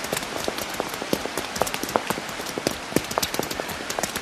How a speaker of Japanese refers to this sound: 店を出て少し歩いたところでいきなり大粒の雨が落ちてきた。